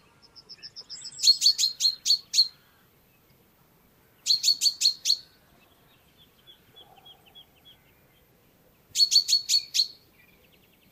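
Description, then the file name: Common chaffinch with three clusters of fast, sharp chirps, the first preceded by a soft run of faint notes, and long quiet gaps between clusters. "Fringilla coelebs"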